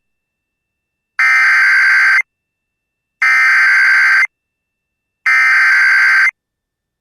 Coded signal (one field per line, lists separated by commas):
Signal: Emergency Alert System (SAME) tones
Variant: header bursts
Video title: It Still Won't End | EAS Alerts from 8/29/2022 (EAS #1486-1499)